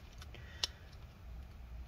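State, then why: Seated. A removed plastic trigger part of an Xbox One S Model 1708 controller is pushed back into the controller housing. Two faint ticks at 0.2 and 0.4 s lead to a single sharp, bright click at 0.6 s, then a low steady hum continues. The trigger part locks in place.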